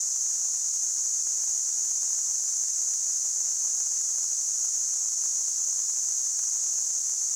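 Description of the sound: A steady, very high-pitched hissing ring holds at constant loudness throughout, with no breaks or pulsing. It is a simulated tinnitus sound, imitating the continuous high ringing or hissing a person with tinnitus perceives.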